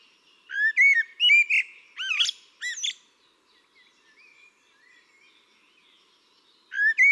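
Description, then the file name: Eurasian blackbird song: a run of fluty whistles with sharp high squeaks, a long quiet gap, then the start of a fresh phrase. "Turdus merula"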